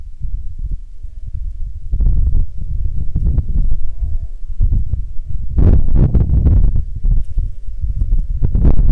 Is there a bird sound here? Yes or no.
no